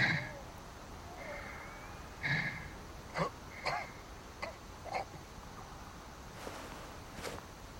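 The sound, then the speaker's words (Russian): A few short, rough coughing bursts break out amid faint wheezing breath and scattered soft clinks and scrapes, all fairly quiet over a low steady hiss. “Услышав кашель, оборачивается и снова встает.”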